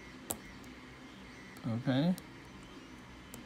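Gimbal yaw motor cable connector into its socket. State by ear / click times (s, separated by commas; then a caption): seated / 0.3 s. The yaw motor cable connector on a first-generation Mavic Pro gimbal is pressed onto its socket during a flex cable repair. A sharp click at 0.3 s marks it snapping into place and seating securely. Someone talks briefly around 1.7–2.1 s, and a fainter tick follows at 3.3 s.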